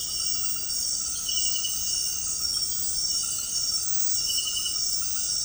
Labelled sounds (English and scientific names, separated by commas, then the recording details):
none
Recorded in secondary vegetation near Puerto Asís, Putumayo, Colombia, on 20 February 2024 at 23:30
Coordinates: 0.468, -76.324
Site G6381